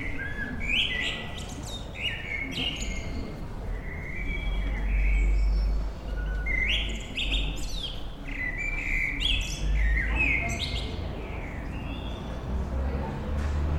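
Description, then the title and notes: Common blackbird singing mellow, fluting warbled phrases, some ending in higher squeaky notes, repeated with short pauses over a steady low rumble. Evening in Bonn old town, May 2003; evening atmosphere. "bonn altstadt, amsel - abendstimmung, mai 2003. Amsel am Abend, Bonn 2003. by maik johannsen"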